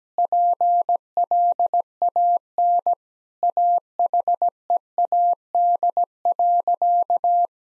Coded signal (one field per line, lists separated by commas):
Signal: Morse code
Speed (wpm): 17 wpm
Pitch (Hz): 700 Hz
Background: none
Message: PLAN AHEAD.